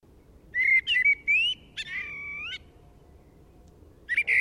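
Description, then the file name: Common blackbird song: mellow fluted whistles, wavering and rising, then a longer drawn note; a new whistled phrase begins near the end. "Turdus merula"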